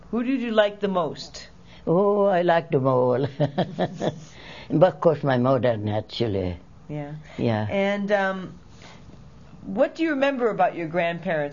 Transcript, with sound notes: Who did you like the most?
Oh, I liked them all. ( she laughs ) But, of course, my mother, naturally.
Yeah. And what do you remember about your grandparents?